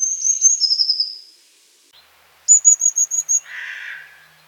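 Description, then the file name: Blue tit song: a high, slightly falling trill, then a quick run of sharp, high repeated notes, ending in a rough, buzzy churr. "lazorevka"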